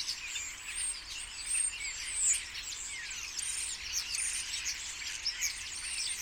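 Common starlings twittering together in dense high chatter, with a few thin whistles and a brief louder squeal early on.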